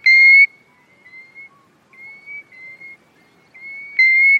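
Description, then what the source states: European golden plover alarm notes, clear single whistles, a loud one at the start and another near the end, with fainter whistles between. Single alarm note, well known to hill walkers; English upland heather moors.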